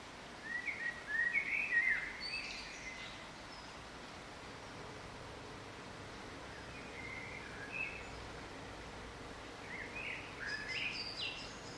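Bird giving a quick burst of bright twittering notes early on, then a long quiet stretch of hiss, with a few softer phrases returning near the end.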